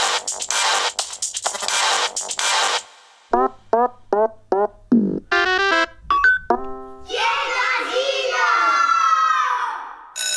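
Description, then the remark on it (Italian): A noisy crowd of children shouting and chattering at school recess, interrupted midway by a quick run of bright, choppy tonal notes before the loud, overlapping kids' voices return. “E ora, bambini, ricreazione!”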